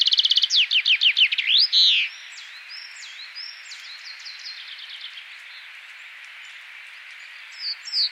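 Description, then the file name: Common chaffinch song: a quick descending trill ending in a flourish, followed by soft background birdsong and a few louder notes near the end. "Fringilla coelebs"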